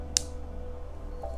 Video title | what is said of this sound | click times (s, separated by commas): Quick Guide: Rolex Half Link How To Adjust | that, and then you push down until you hear the click. | 0.2 s